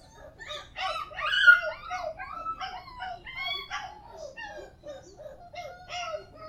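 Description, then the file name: Dog whimpering softly in thin, wavering whines that rise and fall continuously. "Con Cho Con Quay"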